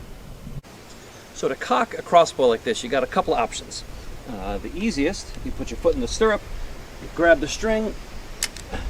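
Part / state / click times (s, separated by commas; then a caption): crossbow bowstring into the trigger latch / seated / 8.4 s. Someone talks while cocking a crossbow with a 170-pound draw weight on the limbs, a foot in the stirrup, pulling the string back by hand into the trigger latch. A sharp click at 8.4 s, followed by a fainter one just after, marks the string seating in the trigger mechanism, and the crossbow is now cocked.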